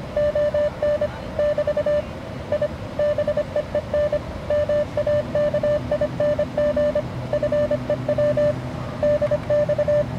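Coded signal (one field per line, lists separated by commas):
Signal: Morse code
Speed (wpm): 27 wpm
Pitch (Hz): 590 Hz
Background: none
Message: ON <BT> I BEEN MAKING FEW DX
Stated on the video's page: QRP CW contacts from a battery-powered Elecraft KX3 on 20m, 40m and 30m, including a long ragchew on 30m.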